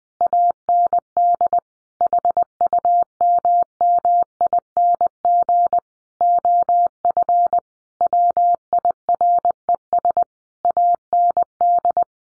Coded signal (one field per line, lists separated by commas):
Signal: Morse code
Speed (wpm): 20 wpm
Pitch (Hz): 700 Hz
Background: none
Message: AND HUMMING OF WIRES AND